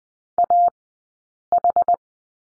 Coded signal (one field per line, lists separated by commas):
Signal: Morse code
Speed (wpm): 20 wpm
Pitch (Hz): 700 Hz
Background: none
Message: AH